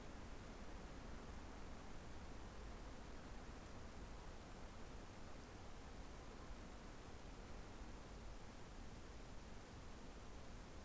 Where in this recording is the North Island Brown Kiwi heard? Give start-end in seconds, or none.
none